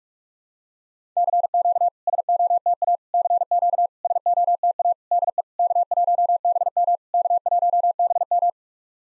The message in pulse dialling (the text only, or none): none